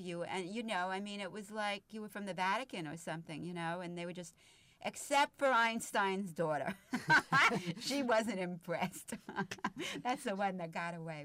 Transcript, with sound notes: And, you know, it was like you were from the Vatican or something, you know. And they were just, except for Einstein's daughter. (She laughs.) She wasn't impressed. That's the one that got away.